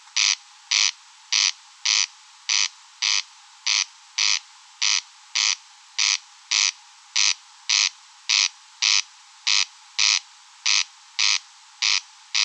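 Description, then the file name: Corn crake repeating its dry, grating crek over and over in a long, regular series, nothing else audible. Recorded at Rønbjerg Enge. "Engsnarre Roenbjerg Enge"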